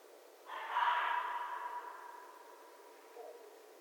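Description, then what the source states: Red fox call: a single harsh, hoarse cry lasting over a second, trailing off into a fading tone, with a faint lower note afterwards. Recorded 11 January 2012.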